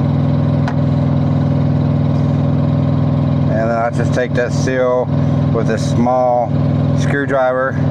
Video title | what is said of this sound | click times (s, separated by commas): New Driver Series - Aftermarket LED Fog Lights and How To Make Them Work On A Peterbilt | to make sure the wires all the way through until it clicks and | 0.7 s